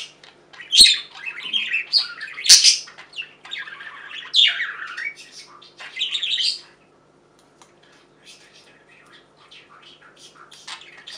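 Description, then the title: Budgerigar chatter with loud harsh squawks and warbles for about six seconds, then only faint soft twittering. "Budgie Sounds"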